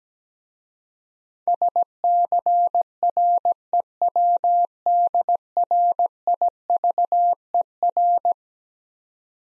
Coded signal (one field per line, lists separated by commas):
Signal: Morse code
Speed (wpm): 17 wpm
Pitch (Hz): 700 Hz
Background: none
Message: SCREWDRIVER